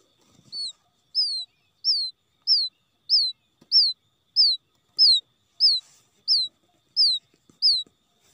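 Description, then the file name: Quail chick peeps in a long, regular series: about twelve high, descending whistles roughly every 0.6 seconds. Quail chick calling for its mother after becoming lost from the flock. "tieng cut non keu goi me lac dan chuan"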